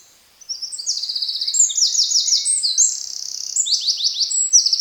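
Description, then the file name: Eurasian wren singing a continuous, energetic stream of high, fast trills and rattles, switching between rapid note series throughout. "Troglodytes troglodytes"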